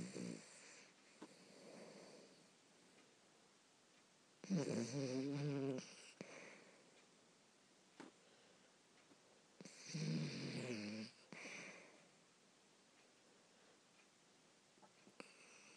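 A small Bichon dog snoring, with loud harmonic snores about 5 seconds apart and soft breathing between them.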